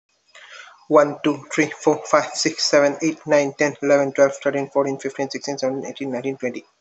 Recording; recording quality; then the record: counting at a fast pace; excellent, no background noise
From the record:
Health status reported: healthy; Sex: male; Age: 27 years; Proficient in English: yes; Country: India